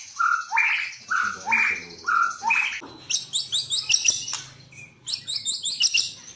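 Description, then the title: White-rumped shama song: rich rising whistled notes, followed by fast bursts of high chipping notes in rhythmic series. "murai batu"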